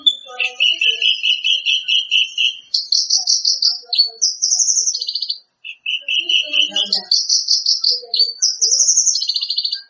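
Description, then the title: Greater green leafbird song of long buzzy trills alternating between lower and higher pitches, in two similar sequences separated by a brief pause. "Kicau Cucak Ijo"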